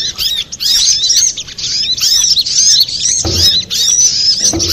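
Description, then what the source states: Little spiderhunter giving a high, buzzy twitter, notes tumbling up and down with only brief breaks, and a couple of dull knocks late on. Master recording for training cage birds, labelled 'ontong labaik'.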